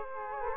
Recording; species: mosquito wingbeat signal from an infrared sensor; Culex quinquefasciatus